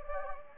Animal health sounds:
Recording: mosquito wingbeat signal from an infrared sensor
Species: Anopheles gambiae

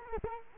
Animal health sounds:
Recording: mosquito wingbeat signal from an infrared sensor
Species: Culex quinquefasciatus

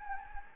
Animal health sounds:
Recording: mosquito wingbeat signal from an infrared sensor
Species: Anopheles gambiae

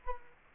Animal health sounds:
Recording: mosquito wingbeat signal from an infrared sensor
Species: Culex quinquefasciatus

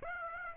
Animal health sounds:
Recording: mosquito wingbeat signal from an infrared sensor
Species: Aedes aegypti

